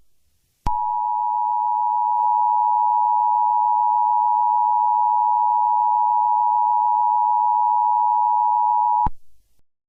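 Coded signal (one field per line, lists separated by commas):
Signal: Emergency Alert System (SAME) tones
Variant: 853 and 960 Hz attention tone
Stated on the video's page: Simulated EAS scenario with valid SAME alert tones, made for the first day of spring.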